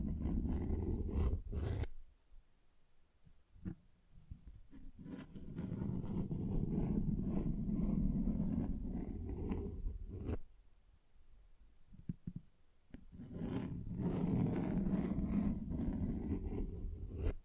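Tapping and scratching on a surface, heard in long passages of dense, low, rough scratching from about 0–2, 5–10 and 13–17 seconds. Between them, quieter gaps hold scattered sharp taps and clicks, some brighter than the muffled rubbing.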